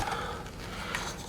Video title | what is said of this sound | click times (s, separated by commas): Lexus IS300 Fuel Pump Upgrade / Replacement - Part 1 | so i'm taking off that back clip i showed you guys you heard it snap | 1.0 s